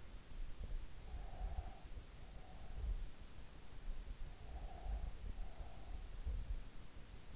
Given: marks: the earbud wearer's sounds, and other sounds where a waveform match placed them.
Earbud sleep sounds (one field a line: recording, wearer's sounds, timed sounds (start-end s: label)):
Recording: sounds in sleep by an in-ear microphone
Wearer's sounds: breath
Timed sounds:
0.79-3.04 s: breath
4.77-6.81 s: breath